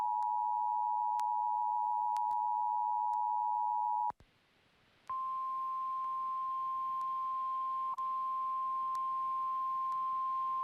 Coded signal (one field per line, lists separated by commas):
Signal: Emergency Alert System (SAME) tones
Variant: 853 and 960 Hz attention tone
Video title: WMDT Emergency Alert System - Flood Warning (January 9, 2024; 8:15pm - 10:13pm)